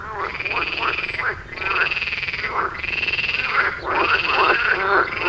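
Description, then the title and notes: Frog chorus, dense and continuous, many overlapping rattling croaks that swell and dip in waves, with a brief high whistle near the start. Frogs at the village pond in Wohlsborn, Germany; recorded with a TASCAM DR-40X. "Wohlsborn, Deutschland - Froschkonzert. Frog concert. Froschkonzert am Dorfteich in Wohlsborn. Aufgenommen mit TASCAM DR-40X"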